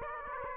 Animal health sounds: mosquito wingbeat signal from an infrared sensor; Aedes aegypti

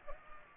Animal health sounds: mosquito wingbeat signal from an infrared sensor; Culex pipiens

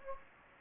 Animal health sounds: mosquito wingbeat signal from an infrared sensor; Anopheles gambiae

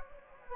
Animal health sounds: mosquito wingbeat signal from an infrared sensor; Anopheles gambiae

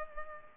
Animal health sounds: mosquito wingbeat signal from an infrared sensor; Culex pipiens

